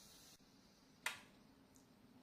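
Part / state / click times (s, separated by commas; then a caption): pressure valve in a pressure cooker lid / released / 1.1 s. After the pressure is let out of a pressure cooker, the little float or pressure valve in its lid drops with a single sharp click at 1.0 s over a low, steady background hiss. A much fainter tick follows at 1.8 s. The dropped valve shows that the pressure is released and the lid is safe to open.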